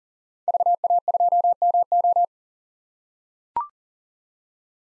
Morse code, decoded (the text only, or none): VA2MO